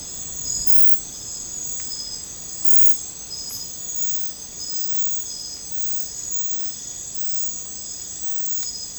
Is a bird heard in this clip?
no